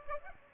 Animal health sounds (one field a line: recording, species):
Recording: mosquito wingbeat signal from an infrared sensor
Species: Aedes aegypti